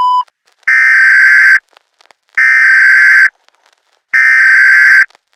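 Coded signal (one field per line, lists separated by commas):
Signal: Emergency Alert System (SAME) tones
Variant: header bursts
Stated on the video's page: Fictional alert scenario made with app-based editing and narrator voice software.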